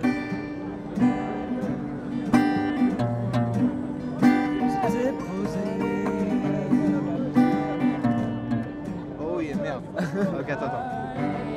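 A Nuit Debout gathering at Place du Bouffay in Nantes: a steady low drone runs underneath shifting held musical notes. Sharp knocks strike every second or two, and voices weave through, with a sliding, wavering voice near the end.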